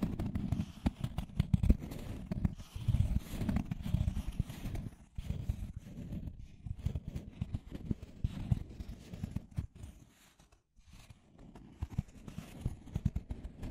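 Deep scratching goes on almost without pause, a rough low scraping made of dense, rapid strokes with sharp crackling clicks on top. The strokes come in bursts, strongest in the first few seconds, with brief near-silent gaps around 5 and 10 seconds.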